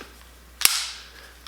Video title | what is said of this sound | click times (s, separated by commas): MAGPUL BIPOD FOR M-LOK | a nice snap I'll do that again really | 0.6 s